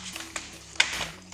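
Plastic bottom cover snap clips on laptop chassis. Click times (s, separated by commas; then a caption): 0.4 s, 0.8 s. A plastic bottom cover on an MSI GF63 Thin 10UD laptop is pried up by hand, with fingers reaching underneath. Sharp clicks at 0.4 s and 0.8 s come as the snap-fit catches on the chassis let go, and the cover comes free.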